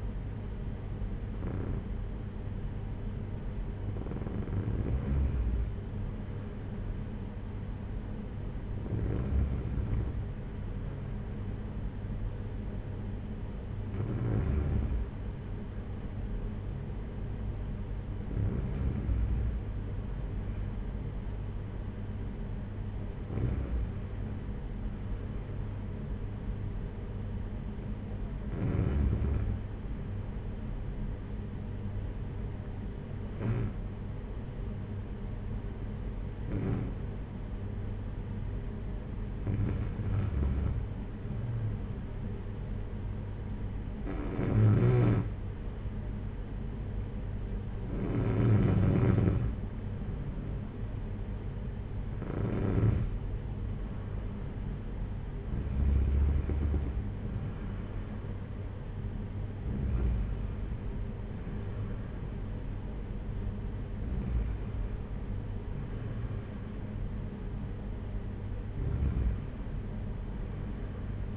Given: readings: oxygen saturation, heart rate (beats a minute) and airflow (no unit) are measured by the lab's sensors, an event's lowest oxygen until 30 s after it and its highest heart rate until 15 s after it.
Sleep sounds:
breathing in sleep by a smartphone at the bedside; 1
3.00-49.70 s: hypopnea (N2, oxygen 95% highest, then 92% lowest, heart rate 55 at the start, 62 highest)
From the record:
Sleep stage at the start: N2 (light sleep); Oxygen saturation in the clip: 92 to 95%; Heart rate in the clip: 50 to 62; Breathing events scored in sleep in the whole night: 226 in 8.8 hours asleep

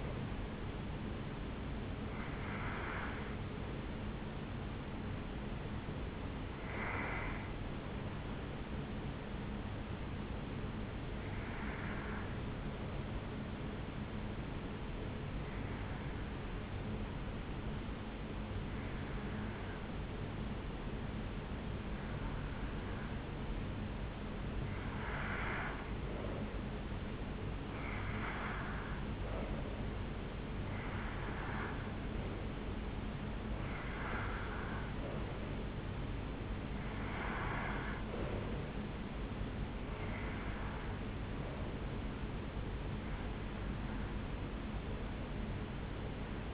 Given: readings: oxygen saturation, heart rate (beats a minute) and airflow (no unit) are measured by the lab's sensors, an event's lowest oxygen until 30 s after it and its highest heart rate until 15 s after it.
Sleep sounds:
breathing in sleep by a voice recorder at the bedside; 1
13.00-30.60 s: hypopnea (REM, oxygen 96% highest, then 91% lowest, heart rate 61 at the start, 70 highest)
From the record:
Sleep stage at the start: REM sleep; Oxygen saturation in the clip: 73 to 96%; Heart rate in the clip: 60 to 79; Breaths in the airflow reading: 11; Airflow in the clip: -4.5 to 5.5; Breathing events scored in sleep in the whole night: 449 in 7.0 hours asleep

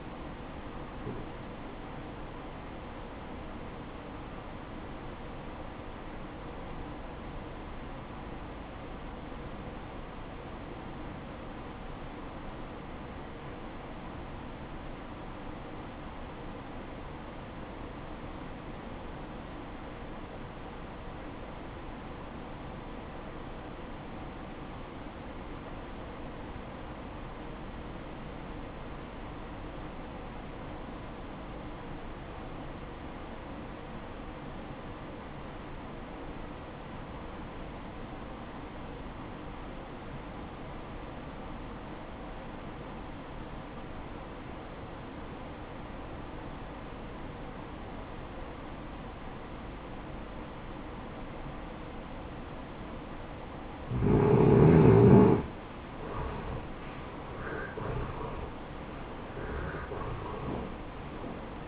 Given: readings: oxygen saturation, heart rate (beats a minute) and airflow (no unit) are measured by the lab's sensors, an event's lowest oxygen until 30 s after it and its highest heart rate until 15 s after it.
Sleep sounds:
breathing in sleep by a voice recorder at the bedside; 1
5.00-55.30 s: obstructive apnea (REM, oxygen 95% highest, then 75% lowest, heart rate 63 at the start, 81 highest)
From the record:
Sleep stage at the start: REM sleep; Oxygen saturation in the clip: 79 to 95%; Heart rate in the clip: 50 to 78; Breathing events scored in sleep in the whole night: 573 in 9.8 hours asleep

